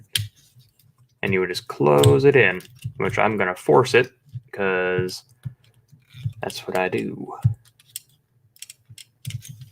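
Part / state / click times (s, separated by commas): plastic toy figure part into its closed or collapsed position on the figure / not seated / none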